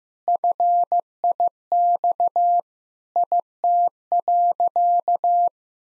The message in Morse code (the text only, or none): FIX IT.